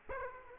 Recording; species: mosquito wingbeat signal from an infrared sensor; Aedes aegypti